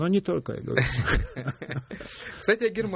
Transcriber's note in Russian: все смеются